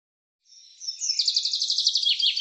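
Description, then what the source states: Bird call: a thin, high note builds into a rapid, regular trill of bright notes, ending in lower downslurred notes that are cut off. Cleaned and normalized recording.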